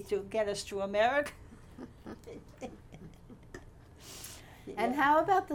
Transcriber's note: laughs